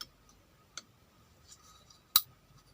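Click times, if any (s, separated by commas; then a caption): 2.2 s. A metal circlip (retaining clip) that holds the piston pin is pressed into its groove in the piston during a 177 five-port cylinder block install on a bored-up Vespa Super Sprint. Faint metallic ticks at about 0.0 s and 0.8 s lead up to one sharp, loud click at 2.2 s as the clip seats in the groove.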